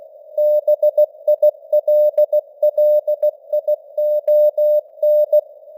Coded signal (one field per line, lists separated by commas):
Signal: Morse code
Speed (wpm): 16 wpm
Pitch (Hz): 600 Hz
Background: none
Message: BILLION